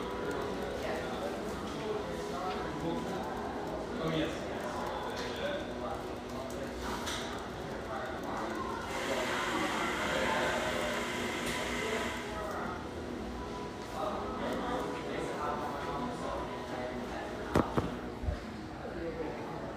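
Coffeehouse ambience in Hazelwood, Northeast Portland: a steady bed of overlapping conversation with soft music from a radio underneath. A brighter hiss swells from about 9 to 12 seconds, and a few sharp clinks of cups or dishes stand out near 17 seconds.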